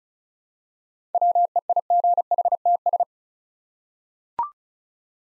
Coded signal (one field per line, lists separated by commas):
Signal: Morse code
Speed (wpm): 36 wpm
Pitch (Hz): 700 Hz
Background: none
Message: WEIGHTS